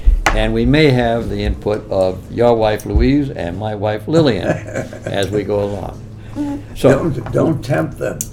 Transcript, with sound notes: And we may have the input of your wife, Louise, and my wife Lillian [laughter] as we go along. So—
That was a—don’t tempt them.